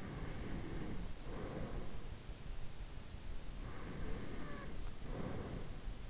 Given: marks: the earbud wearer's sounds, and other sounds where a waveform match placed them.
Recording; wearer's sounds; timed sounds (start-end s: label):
sounds in sleep by an in-ear microphone; breath
0.03-2.23 s: breath
3.57-5.77 s: breath